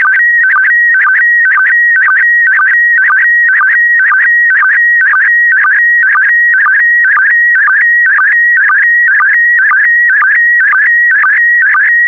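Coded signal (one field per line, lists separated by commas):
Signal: SSTV (slow-scan television)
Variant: PD120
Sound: steady warbling whistle around 1.9 kHz, broken by short low chirps twice a second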